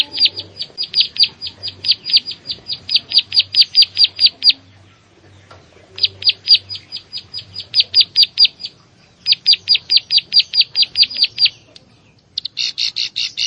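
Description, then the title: Prinia song in bursts: runs of rapid, evenly repeated high chirps separated by short pauses, ending with a harsher, broader burst of notes. "Ciblek Sawah"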